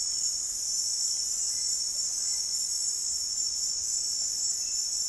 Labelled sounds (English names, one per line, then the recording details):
none
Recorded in dense forest near Puerto Asís, Putumayo, Colombia, on 24 March 2025 at 17:00
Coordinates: 0.503, -76.323
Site GP09